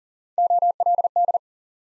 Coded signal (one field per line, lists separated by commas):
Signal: Morse code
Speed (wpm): 40 wpm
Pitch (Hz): 700 Hz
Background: none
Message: OLD